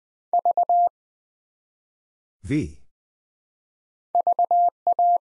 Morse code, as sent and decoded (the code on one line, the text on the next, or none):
...- / ...- .-
V VA